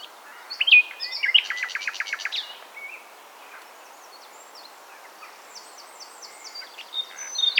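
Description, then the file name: Common nightingale song: a sharp whistled note, then a rapid burst of repeated clicking notes, followed by faint high twitters and a final loud flourish. "Luscinia megarhynchos"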